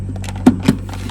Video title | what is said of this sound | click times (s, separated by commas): Dyson vacuum pulsating - MOST Common cause | and it should click right into place go ahead and test it | 0.5 s